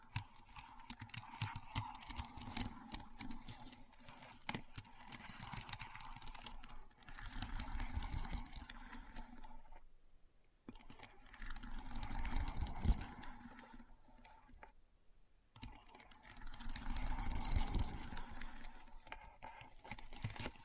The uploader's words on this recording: ASMR Keyboard Sounds (No Talking).